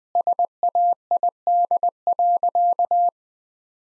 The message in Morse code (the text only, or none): SAID.